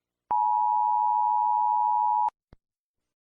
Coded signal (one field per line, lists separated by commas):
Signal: Emergency Alert System (SAME) tones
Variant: 853 and 960 Hz attention tone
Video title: EAS Scenario: The Air is Poison